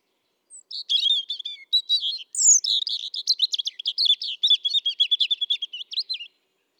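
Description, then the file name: European robin singing a long, rapid warble of high thin notes, sweet whistles mixed with fast scratchy twitters, running about six seconds in a quiet background. "Erithacus rubecula"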